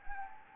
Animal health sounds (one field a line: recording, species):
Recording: mosquito wingbeat signal from an infrared sensor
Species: Anopheles gambiae